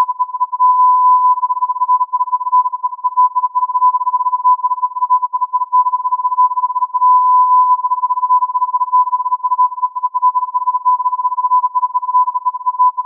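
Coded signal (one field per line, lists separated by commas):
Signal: radio time signal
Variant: Beta RJH69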